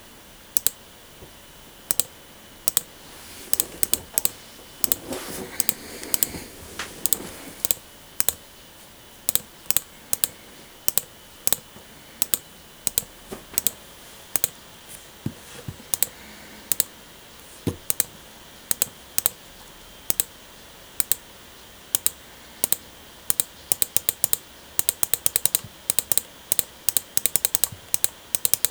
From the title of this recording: Aggressive mouse clicking